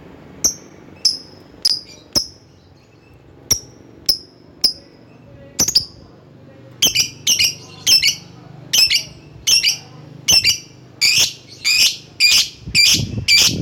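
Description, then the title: Lovebird repeating sharp, high chirps, first spaced out, then coming faster at roughly two per second. Lovebird calling a rival. "Lovebird Memanggil Lawan"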